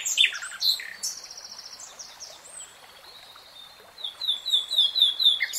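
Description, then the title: Nightingale: songbird in varied chirping phrases with a soft rattle, then a quieter stretch and a high tinkling sequence of short descending notes over faint background hiss. "[Tiếng chim hót] Nightingale Singing"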